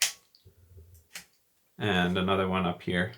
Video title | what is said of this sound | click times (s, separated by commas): Sinar Norma Overview and Operation | there's a click down here | 0.0 s